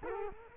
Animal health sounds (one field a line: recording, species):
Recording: mosquito wingbeat signal from an infrared sensor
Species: Culex quinquefasciatus